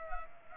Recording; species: mosquito wingbeat signal from an infrared sensor; Culex pipiens